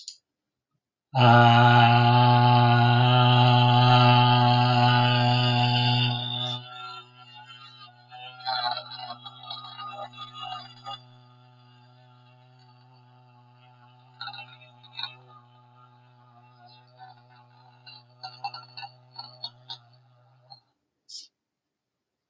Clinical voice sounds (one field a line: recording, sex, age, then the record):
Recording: vowel held as long as possible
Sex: male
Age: 30 to 39 years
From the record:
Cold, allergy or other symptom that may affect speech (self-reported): no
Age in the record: 39 years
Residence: New Jersey, United States